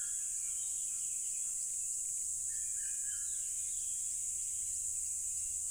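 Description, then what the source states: Crickets in a loud, unbroken high-pitched chorus that holds steady throughout, with scattered short bird chirps and whistles below it. Loud crickets recorded at a tropical river.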